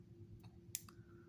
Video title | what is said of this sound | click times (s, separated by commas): SOG Powerpint Multi-tool review. ~ Something a bit odd. | there we go it just locked into place | 0.8 s